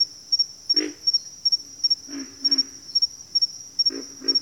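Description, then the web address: Pig frog grunting, low rough grunts singly and in pairs, over a steady high pulsing cricket chorus. "Sleep Sounds of Nature. Pig Frogs"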